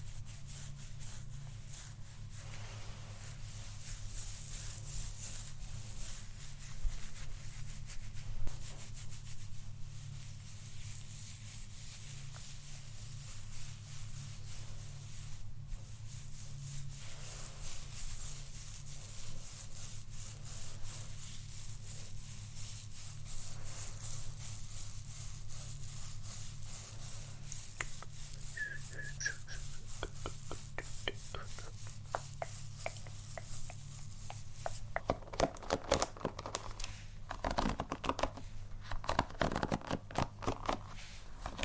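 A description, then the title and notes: Hair being brushed and scratched with steady soft rubbing strokes over a low hum, turning denser and crackly after about 35 seconds. Hair Play, Brushing, Scratching, Combing.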